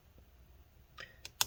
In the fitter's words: we go click that into place